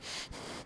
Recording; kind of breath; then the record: one breath in and out by a microphone near the nose and mouth; strong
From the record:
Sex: male